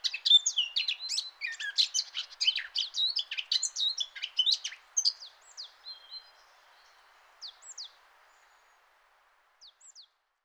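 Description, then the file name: Eurasian blackcap song: about five seconds of rapid scratchy warbling that thins into scattered notes, then near silence with a few short high chips at the end. "Sylvia atricapilla"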